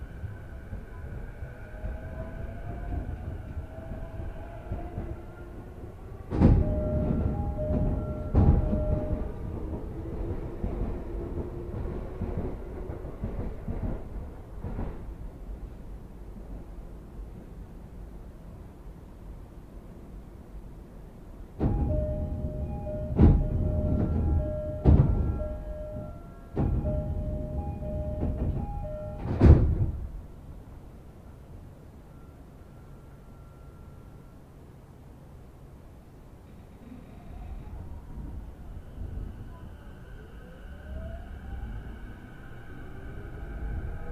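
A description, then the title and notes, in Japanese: Recorded aboard a train, a low rumble of the moving car runs throughout, with squealing tones rising and falling as wheels meet curves. Two bursts of sharp clanks and steady two-note chimes, around 6–9 and 22–30 seconds, stand out over the hum. 耳で楽しむ鉄道旅 武蔵小杉→二俣川→大和。武蔵小杉からは相鉄直通線で羽沢横浜国大を通りながら二俣川まで移動し、特急に乗り換えて大和へと向かいます。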